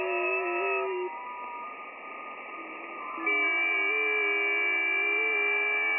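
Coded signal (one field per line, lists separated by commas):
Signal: FT8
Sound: many faint steady warbling tones together, pausing briefly, then a new chorus begins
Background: radio static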